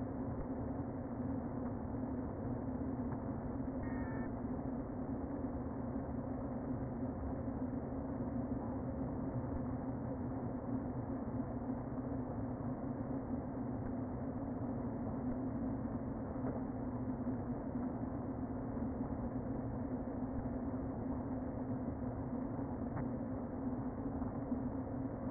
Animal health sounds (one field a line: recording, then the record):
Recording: honeybee colony, microphone inside the hive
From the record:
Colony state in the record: queen present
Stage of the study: before two queens were removed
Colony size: about 60,000 bees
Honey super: yes